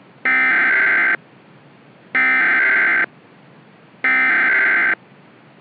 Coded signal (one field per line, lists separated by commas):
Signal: Emergency Alert System (SAME) tones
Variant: header bursts